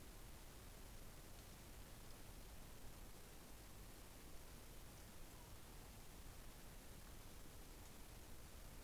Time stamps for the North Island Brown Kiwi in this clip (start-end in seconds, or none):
none